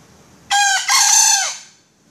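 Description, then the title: Junglefowl giving a loud two-part call, a short rich opening note followed by a drawn-out raspy note sliding downward as it fades. Female; call described as melodious. "Suara Ayam Hutan Betina. Suara ayam hutan merdu"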